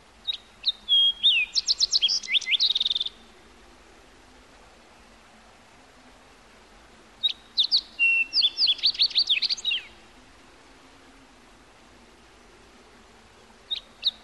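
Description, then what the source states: Bird song, two bursts of rapid high chirps and trills around two to three seconds each, separated by a quiet pause, with a brief note at the end. Heard in the morning.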